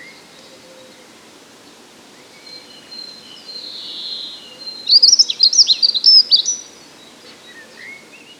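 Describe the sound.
Dunnock song: one fast, high, tinkling warble lasting about a second and a half, preceded by a drawn-out high tone and soft background chirps.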